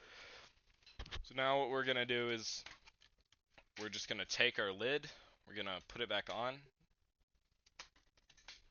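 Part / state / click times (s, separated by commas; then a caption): plastic bottom cover onto laptop chassis / seated / 7.8 s. Someone talks while the plastic bottom cover (lid) of a ThinkPad T470 laptop is pressed back onto its chassis after an M.2 SSD install. Faint clicks follow the speech, with the cover snapping into place at 7.8 s, so it is seated.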